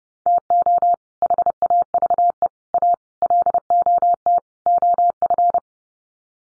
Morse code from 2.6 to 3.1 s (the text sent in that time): A